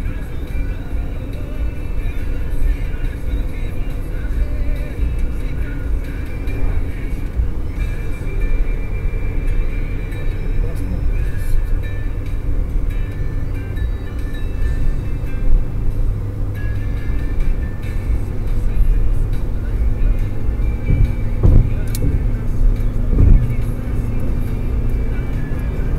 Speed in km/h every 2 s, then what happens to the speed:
91, 92, 93, 96, 98, 97, 99, 102, 103, 104, 107, 111, 114.
0-26 speeds up to 114.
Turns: none.